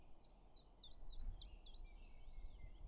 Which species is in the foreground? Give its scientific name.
Phylloscopus collybita